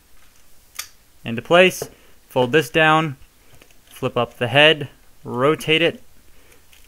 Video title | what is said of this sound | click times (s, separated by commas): Transformers Universe Powerglide - review #95 | take this separate it and bring it down and fold this thrust away it will click into | 0.8 s